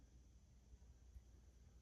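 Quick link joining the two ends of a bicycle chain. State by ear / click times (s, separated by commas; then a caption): not seated / none. Quick-link pliers are set between the chain links around the steel quick link that joins the two ends of a bicycle chain, ready for the push that seats it. Only a low, steady rumble and a faint soft bump near 1.2 s are heard. The quick link has not seated or clicked yet.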